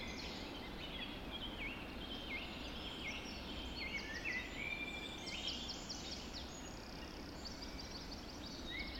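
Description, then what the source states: Birds in a birds, many overlapping whistled phrases and high trills over a steady low rumble. Birds recorded just after dawn in the Forest of Dean.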